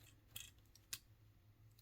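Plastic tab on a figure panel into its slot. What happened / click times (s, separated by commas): The plastic tab snapped into its slot / 0.4 s, 0.9 s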